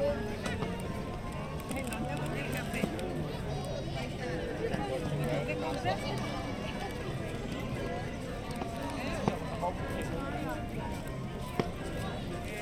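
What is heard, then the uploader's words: A crowd waits along a parade route, with many voices talking at once. The murmur stays dense and steady for the whole stretch, with occasional sharper sounds and a few louder words cutting through. The Main Street Electrical Parade (Disneyland) Binaural Recording.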